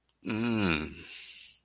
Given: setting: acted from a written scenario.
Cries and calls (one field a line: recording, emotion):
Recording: vocal sound without words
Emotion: desire